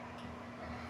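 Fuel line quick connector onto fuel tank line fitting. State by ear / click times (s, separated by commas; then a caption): not seated / none. A fuel line quick connector is being handled onto the fuel tank's line fitting on an S&B 64-gallon fuel tank for a 2011–2019 Chevy Silverado or GMC Sierra 2500/3500 Crew Cab Long Bed 6.6L. A steady low hum and faint handling noise are heard, with no distinct impacts. Nothing has seated or clicked yet.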